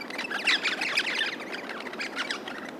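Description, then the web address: Crimson rosellas chirping in a busy group, dense overlapping squeaky notes and short chatter throughout, loudest near the start. "bird crimson rosella group chirp"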